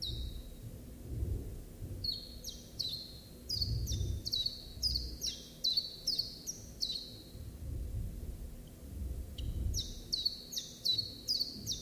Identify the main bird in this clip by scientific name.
Phylloscopus collybita